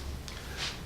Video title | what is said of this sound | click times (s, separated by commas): M1888 Springfield Trapdoor Unboxing | of them points into the pivot comes out quite a ways locks in place so | 0.3 s